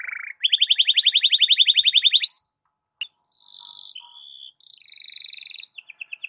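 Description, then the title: Belgian canary song: a short whistle, then a rapid rolling trill for two seconds, a sharp click, buzzy sustained tours at differing pitches and a final quick chirping roll. Belgian canary song for warming up the bird, in the morning, suited for masteran (song tutoring of other birds). "Canto Para Esquentar Canário Belga. SUARA BURUNG KENARI DI PAGI HARI COCOK BUAT MASTERAN"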